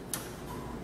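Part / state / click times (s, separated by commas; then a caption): door latch on a conveyor oven access door / seated / 0.1 s. A conveyor oven's access door has been hung on its pins and hinges and closed, and its door latches are fastened. A single sharp tick is heard at 0.1 s as the latches lock into place. The door latches are seated.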